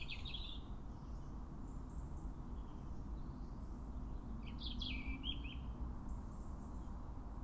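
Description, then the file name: European robin song: two short, thin, high warbled phrases, one at the start and a quicker, twisting one midway, over a steady low rumble. "Erithacus rubecula"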